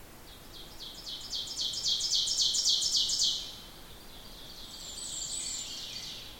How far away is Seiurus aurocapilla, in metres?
about 20 m